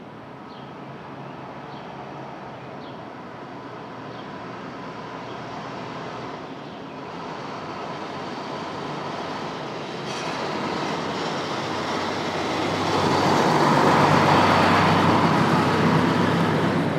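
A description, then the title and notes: Open-air street traffic at dawn, a steady rumble of vehicles that grows louder over the clip as something heavy passes around the fourteen-second mark. Faint brief chirps sound early on above the low, dense roar. Brooklyn Dawn, 4 - 17 - 20, Street Traffic, Open Air.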